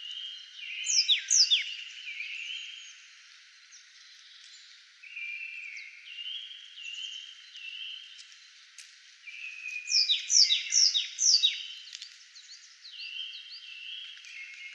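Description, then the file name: Marsh tit calls: two bursts of sharp high notes sliding steeply downward, each followed by flatter, lower notes. "Poecile palustris"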